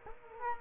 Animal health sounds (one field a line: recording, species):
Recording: mosquito wingbeat signal from an infrared sensor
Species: Culex quinquefasciatus